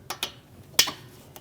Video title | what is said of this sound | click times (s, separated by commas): How to Replace Engine Cooling Fan Assembly 2016-2025 Chevrolet Malibu 1.5L L4 | Push until you hear that click. Give it a pull. Make sure it's locked on. | 0.8 s